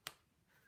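A plastic lid is pushed back onto a craft ink or marker container, lined up with the little hole, so it seals and the supply doesn't dry out. A single sharp snap sounds at 0.1 s, followed by quiet low-level background. The lid clicks shut and is seated.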